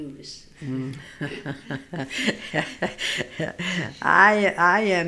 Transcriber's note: she laughs